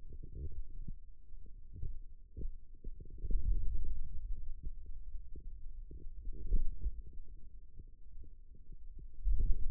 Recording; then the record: forearm muscle sounds (acoustic myography)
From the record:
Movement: wrist extension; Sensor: system 2, bracelet of six BSWA MPA416 microphones around the upper forearm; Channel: 2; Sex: male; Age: 22 years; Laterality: right